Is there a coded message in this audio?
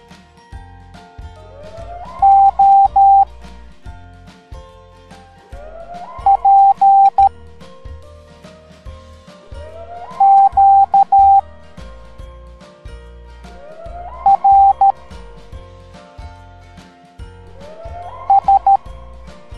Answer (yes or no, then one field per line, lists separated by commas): yes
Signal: Morse code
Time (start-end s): 2.2-18.8 s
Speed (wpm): 13 wpm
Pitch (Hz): 790 Hz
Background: music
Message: O P Q R S